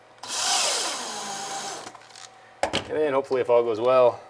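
A piece is handled while being mounted into a wooden booth panel. A broad rushing noise runs from about 0.2 to 1.9 s, followed by a few light taps around 2.0 to 2.3 s, sharp knocks at 2.6 and 2.8 s, and then someone talks. Nothing has seated or locked in place yet.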